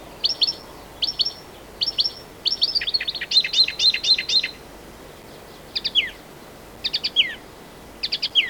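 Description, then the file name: Marsh warbler song: clipped chirps in quick groups, a short rattling trill of high notes, then spaced bursts of sharp downslurred notes, all high-pitched against quiet background. "Marsh Warbler (Acrocephalus palustris)"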